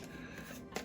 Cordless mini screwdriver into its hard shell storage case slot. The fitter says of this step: and you can hear it click right in it won't slide out by mistake